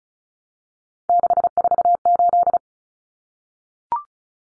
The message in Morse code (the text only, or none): 648